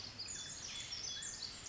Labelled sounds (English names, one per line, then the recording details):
Pacific Wren
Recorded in Sonoma County, California